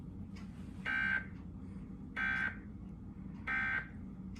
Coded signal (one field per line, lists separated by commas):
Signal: Emergency Alert System (SAME) tones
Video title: EAS National Periodic Test 11 August 2021 (KFOR)